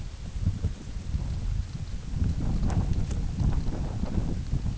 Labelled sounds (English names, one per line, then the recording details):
none
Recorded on Arctic tundra, site UTQI-8, on 16 June 2019
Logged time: 20:00